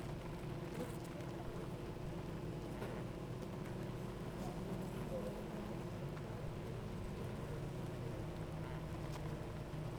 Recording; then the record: honeybee colony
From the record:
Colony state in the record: active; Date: 28 July 2017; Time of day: 8:54